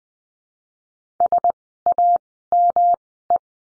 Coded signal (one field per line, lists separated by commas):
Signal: Morse code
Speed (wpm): 20 wpm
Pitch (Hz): 700 Hz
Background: none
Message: SAME